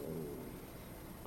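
A brief, low, gurgling growl lasts about a second, with a slightly pitched, coo-like rumble at the start that fades into a softer murmur. These are stomach growling sounds (borborygmi) from an adult's hungry stomach.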